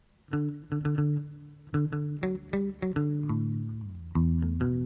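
A bass guitar plays a riff of about a dozen plucked notes, thumpy and solid in the low end, with a faint reverb shimmer trailing off the brighter overtones. No one speaks.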